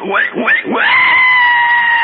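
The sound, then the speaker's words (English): A pig squeals as a canary steps on it: three quick rising shrieks, then one long, steady, high-pitched squeal held to the end, loud and with no talking over it. “Our canary stepped on the pig and killed it.”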